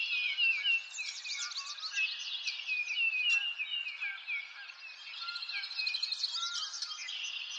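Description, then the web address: Birds in a busy chorus of high, quick chirps and repeated sweeping notes, several singers overlapping throughout with a continuous bright twitter. Birds in a forest; nature ambience. "Lynne Music. Nature Ambience Birds In A Forest"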